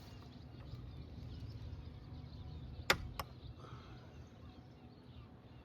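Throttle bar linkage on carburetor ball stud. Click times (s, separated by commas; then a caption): 2.9 s. The throttle bar linkage on a Mercury 2-stroke V6 outboard engine is unhooked from its ball stud on the carburetor while the carburetors are being stripped off. Against a low, steady background rumble, a sharp pop is heard at 2.9 s as the linkage releases from the ball joint, followed by a smaller snap at 3.2 s.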